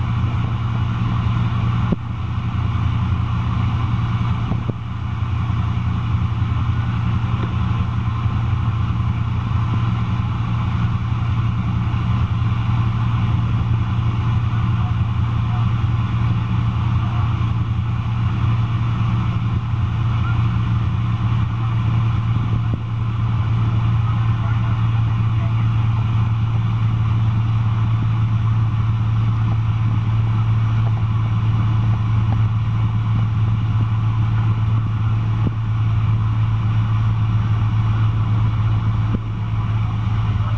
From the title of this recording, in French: Rives du Tonlé sap près de Siem reap